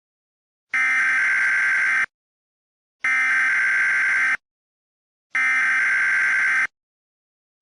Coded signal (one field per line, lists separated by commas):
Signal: Emergency Alert System (SAME) tones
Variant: header bursts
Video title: The Snow Tornado (EAS scenario #2)